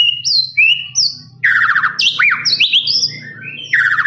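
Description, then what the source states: Lovebird song with high squeaky chirps and harsh rasping bursts in quick irregular succession, over a faint low hum. Long trilling "ngekek" song, master recording used for training birds.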